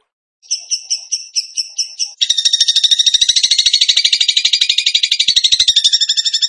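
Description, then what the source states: Bird opens with a row of spaced, high chipping notes, then breaks into a long, loud, fast chattering trill. Masteran (training recording) of bird song in tembakan gacor style.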